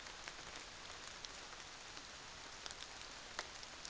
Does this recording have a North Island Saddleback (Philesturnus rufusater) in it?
no